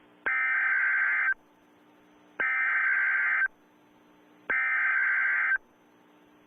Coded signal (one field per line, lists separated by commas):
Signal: Emergency Alert System (SAME) tones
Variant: header bursts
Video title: EAS Mock - A Christmas Gift from Mother Nature